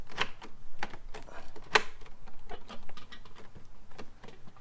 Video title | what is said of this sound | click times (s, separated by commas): Vlog 02 - BMW M4 Black Kidney Grill (F80, F82, F83) | That was nice and easy. Pops it right in. | 0.8 s, 1.8 s